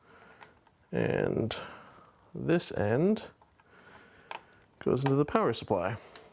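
Someone talks while handling a modular power cable's plastic connector with a snap latch, bringing it to the power supply socket it plugs into, with a few faint taps and one sharper knock at about 4.3 seconds. Nothing has seated or clicked yet.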